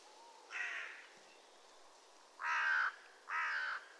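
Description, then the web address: Bird calling with three harsh, raspy notes, one softer, then two louder ones close together near the end. "cianscape. Deverinetal 2025. Bird Only"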